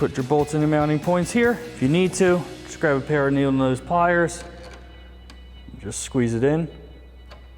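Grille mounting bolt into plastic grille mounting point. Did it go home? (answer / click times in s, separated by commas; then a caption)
no / none. Someone talks while a mounting bolt is squeezed into the plastic grille mounting point of a RedRock mesh upper replacement grille on a 2015-2017 F-150, using needle nose pliers. Only soft handling noises are heard under the voice, and nothing has seated or clicked yet.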